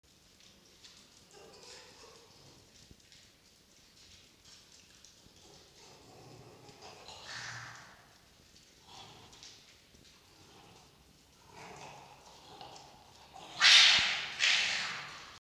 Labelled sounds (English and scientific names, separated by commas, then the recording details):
Red Fox (Vulpes vulpes)
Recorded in captivity
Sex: pair
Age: adult
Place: Zoologisches Institut der HUB, Berlin, DE
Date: 1953-02-03 19:05
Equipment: Elmetra
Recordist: Tembrock, Günter
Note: Jupp (Fiffi nachlaufend): Muffen (ohne Fleisch); Fiffi ("spröde"): geschlossenes Knurren